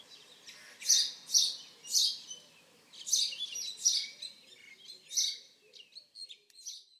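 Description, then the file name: House sparrow giving a loose series of chirps, several close together then spaced out, fading toward the end over faint low background noise. "Passer domesticus"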